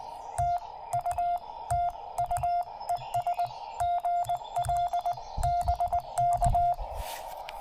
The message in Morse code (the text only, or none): TU TU ES GL BK